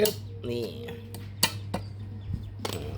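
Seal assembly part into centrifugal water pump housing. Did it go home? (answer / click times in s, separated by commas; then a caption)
yes / 1.4 s. While reassembling a centrifugal water pump during a seal replacement, a seal assembly part is pushed into the pump housing, giving a sharp knock at 1.4 s as it locks into place and fits exactly. Softer taps follow around 1.7 s and 2.7 s over a steady low hum, and someone talks.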